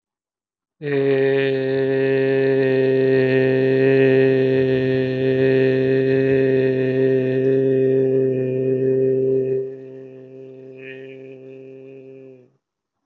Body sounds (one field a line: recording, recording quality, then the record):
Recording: sustained vowel as in made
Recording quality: excellent, no background noise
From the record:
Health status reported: healthy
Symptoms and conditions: hypertension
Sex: male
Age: 44 years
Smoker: not ticked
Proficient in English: yes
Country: India